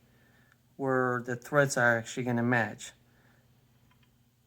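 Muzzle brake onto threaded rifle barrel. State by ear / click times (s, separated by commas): not seated / none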